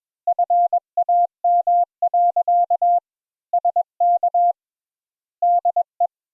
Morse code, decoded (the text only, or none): FAM. SK DE